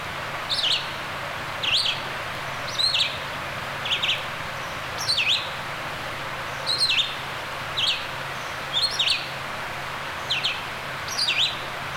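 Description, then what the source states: Bird calls: short high chirps with quick downward sweeps, given in pairs or small bursts about every one to two seconds over steady background noise. Recorded near a stream.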